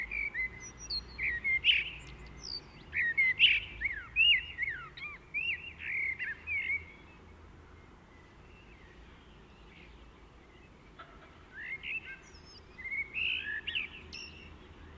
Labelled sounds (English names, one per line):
Common Blackbird song